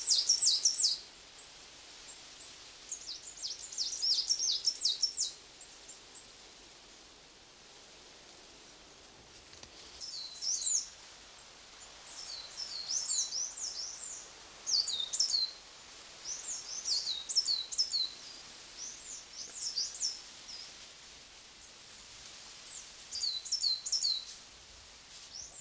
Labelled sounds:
Great Tit (Parus major)

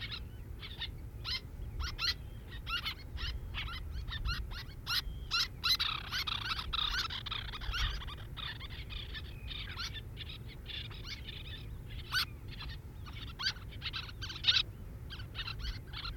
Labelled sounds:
Little Tern (Sternula albifrons) call

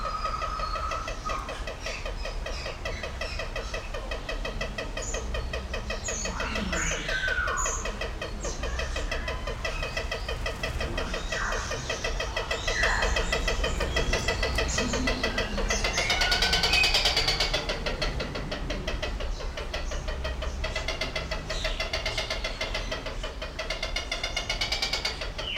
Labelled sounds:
Allen's Gallinule (Porphyrio alleni) call

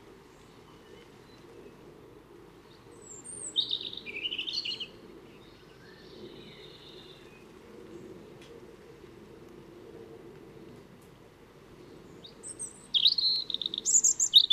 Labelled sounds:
European Robin (Erithacus rubecula) song

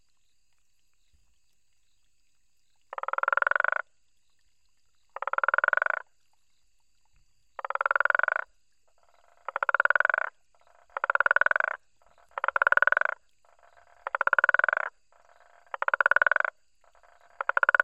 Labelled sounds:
Guttural Toad (Bufo gutturalis) call

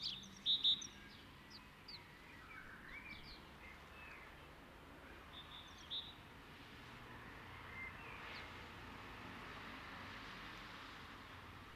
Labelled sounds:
Great Tit (Parus major) call

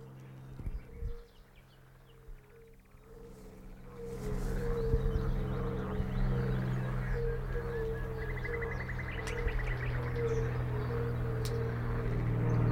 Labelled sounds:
Fire-Bellied Toad (Bombina bombina)

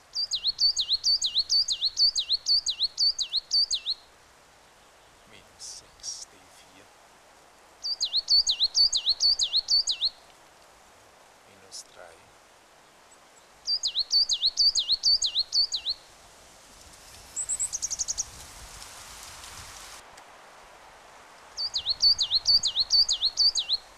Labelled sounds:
Coal Tit (Periparus ater) song

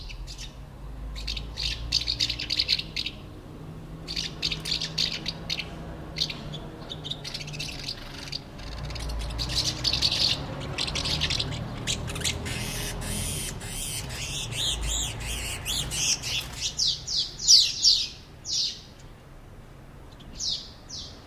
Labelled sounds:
Common House Martin (Delichon urbicum)

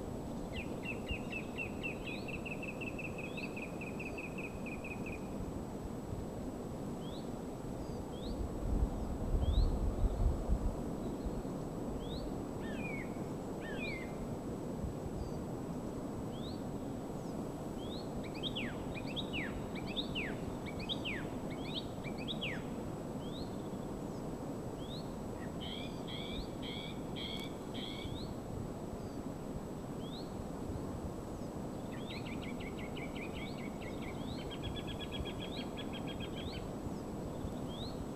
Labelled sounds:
Song Thrush (Turdus philomelos) song

